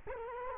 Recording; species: mosquito wingbeat signal from an infrared sensor; Culex quinquefasciatus